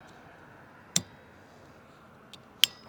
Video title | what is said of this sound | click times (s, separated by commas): How To: Change Wiper Blades - Easy Step by Step Process! | these steps in Reverse to install the new blade making sure the wiper clicks or locks into place | 1.0 s, 2.6 s